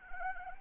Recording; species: mosquito wingbeat signal from an infrared sensor; Anopheles arabiensis